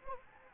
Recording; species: mosquito wingbeat signal from an infrared sensor; Anopheles gambiae